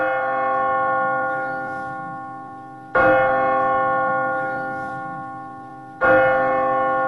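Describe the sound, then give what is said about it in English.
The church bell of St. Mark's tolls slowly, three heavy strikes spaced about three seconds apart, each leaving a rich, humming ring of overtones that fades gradually before the next stroke. “The bell of St. Mark's.”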